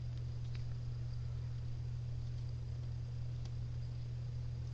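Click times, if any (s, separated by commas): none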